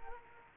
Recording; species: mosquito wingbeat signal from an infrared sensor; Culex quinquefasciatus